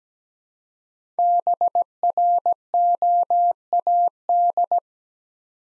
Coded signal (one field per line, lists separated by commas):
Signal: Morse code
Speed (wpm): 17 wpm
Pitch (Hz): 700 Hz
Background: none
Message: BROAD